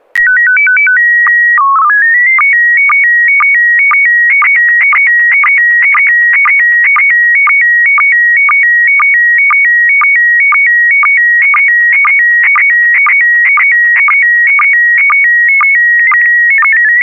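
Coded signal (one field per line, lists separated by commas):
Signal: SSTV (slow-scan television)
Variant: PD 120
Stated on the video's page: SSTV net on an FM repeater on 441.300 MHz in Sacramento, sent with MMSSTV software.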